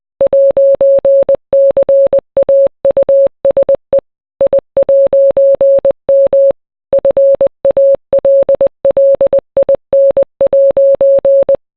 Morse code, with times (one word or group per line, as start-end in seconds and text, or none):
0.2-4.0 'CAUSE
4.4-6.5 I'M
6.9-11.6 FALLIN'